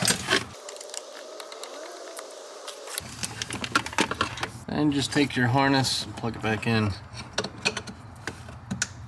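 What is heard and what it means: A wiring harness connector is pushed back onto a newly installed throttle position sensor on a 7.3 Power Stroke diesel van. Someone talks over light handling clicks and rattles, and a sharp click at 8.8 seconds marks the connector snapping into place.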